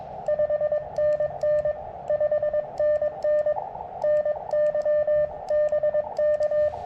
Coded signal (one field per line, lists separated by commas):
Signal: Morse code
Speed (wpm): 22 wpm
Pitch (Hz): 600 Hz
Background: radio noise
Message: 5NN 5NN NY BK